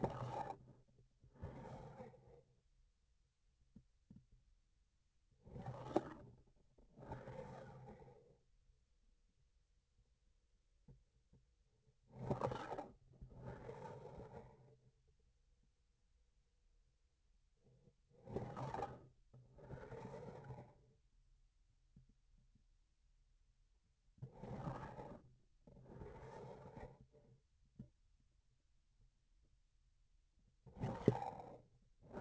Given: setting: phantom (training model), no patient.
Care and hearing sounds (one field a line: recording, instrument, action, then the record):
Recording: laparoscopic instrument, vibration sensor on the handle end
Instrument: grasping forceps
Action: approaching and retracting movements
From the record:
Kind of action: spatial motion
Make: other than Olympus